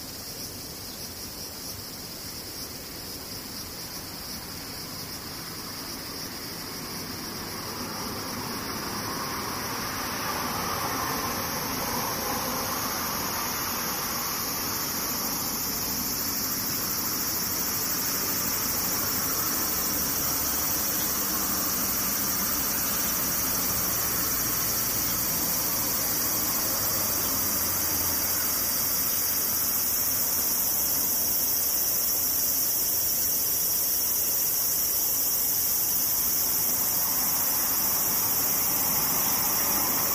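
Cicadas drone in a dense, unbroken high-pitched chorus that swells louder over the first fifteen seconds, with a faint low rumble beneath.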